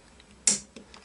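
During reassembly of a Walther PK 380 compact pistol, the spring-loaded recoil spring guide rod is worked up into the small notch in the barrel/slide. After a few faint ticks, a sharp metallic snap at 0.5 s marks the rod seating in its notch, followed by two softer clicks. The rod is confirmed seated and lined up, as it must be for the slide to return to the frame properly.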